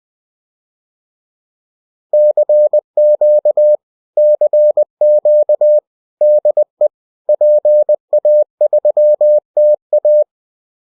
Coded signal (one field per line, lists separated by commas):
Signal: Morse code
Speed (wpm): 20 wpm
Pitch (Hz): 600 Hz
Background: none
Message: CQ CQ DE PA3TA